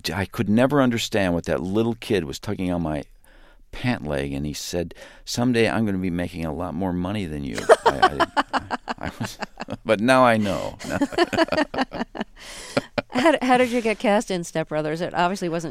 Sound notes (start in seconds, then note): 7.5 soundbite of laughter; 10.3 soundbite of laughter